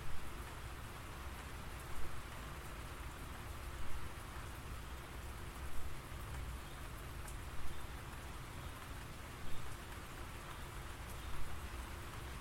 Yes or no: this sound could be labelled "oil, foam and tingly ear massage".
no